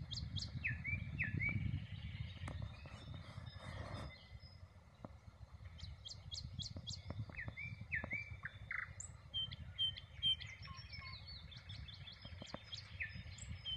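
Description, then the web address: Common nightingale song: varied phrases of slurred whistles and repeated sharp high notes, over a low rumbling background with occasional clicks. "rossignol ordinaire chant du rossignol"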